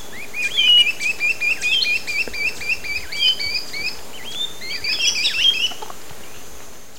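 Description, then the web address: Tiny hawk calling in a fast chattering series of short rising-and-falling notes, then a few higher, sharper notes near the end, against a steady background hiss. Eastern Lowlands of South America. "Natures Songs S America Eastern Lowlands. Tiny Hawk"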